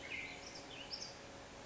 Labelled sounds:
Black-headed Grosbeak (Pheucticus melanocephalus)
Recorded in Sonoma County, California

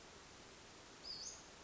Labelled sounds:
Western Flycatcher (Empidonax difficilis)
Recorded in Sonoma County, California

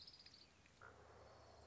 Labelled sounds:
Orange-crowned Warbler (Leiothlypis celata)
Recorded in Sonoma County, California

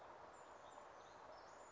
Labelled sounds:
Warbling Vireo (Vireo gilvus)
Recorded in Sonoma County, California

